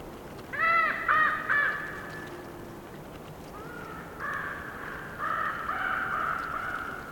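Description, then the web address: Bird croaking: three quick hoarse croaks, then longer rasping calls after a pause. Bird croaking in a forest during a windy storm, trees rustling. "Sonniss com - GDC 2019-Game Audio Bundle - Forest Orchestra Windy storm with trees rustling and bird croaking"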